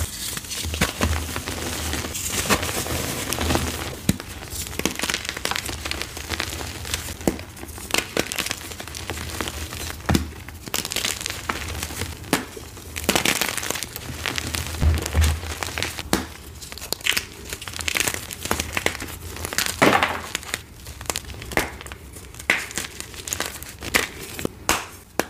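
Crunchy gym chalk is crushed, with dense, irregular crackling and crisp snaps continuing throughout.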